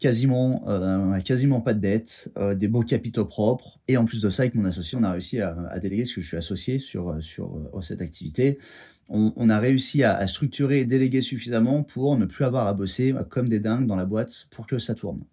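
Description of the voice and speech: A man speaks French at a steady pitch with frequent hesitations. There are several brief breaks: short glottal catches before words, a few repeated syllables and words, and a stretched sound before a long pause. These are mild stuttering blocks and repetitions in otherwise fluent speech, from a man who has stuttered all his life, since his first words.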